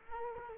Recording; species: mosquito wingbeat signal from an infrared sensor; Culex quinquefasciatus